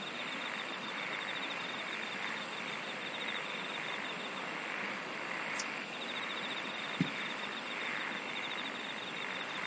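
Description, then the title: Steady insect drone with intermittent rapid ticking trills high and low, plus two sharp clicks in the later part. "SINGING OF INSECTS"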